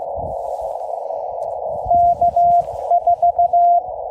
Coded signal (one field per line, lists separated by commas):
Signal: Morse code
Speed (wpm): 14 wpm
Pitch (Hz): 700 Hz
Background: radio noise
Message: K4